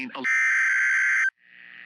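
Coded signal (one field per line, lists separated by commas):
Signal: Emergency Alert System (SAME) tones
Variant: header bursts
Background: speech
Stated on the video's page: Real NOAA Weather Radio tornado warning from the Lafayette, Louisiana station, issued by NWS Lake Charles for radar-indicated rotation.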